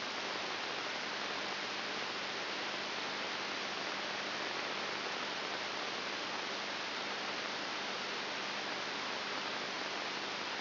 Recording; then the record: brain microelectrode recording played as sound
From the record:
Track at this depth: outside the subthalamic nucleus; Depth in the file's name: 7.3 mm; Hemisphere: left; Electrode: 3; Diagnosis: Parkinson's disease